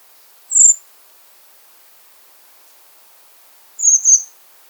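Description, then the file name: Common blackbird giving thin, very high-pitched squeaky calls: one short note, a pause of about three seconds, then a doubled note, with a quiet background. "Turdus merula"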